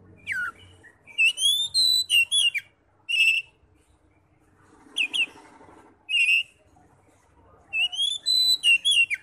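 Oriental magpie-robin song, clear rising whistles and sharp slurred notes in groups of phrases, with quiet gaps between bursts.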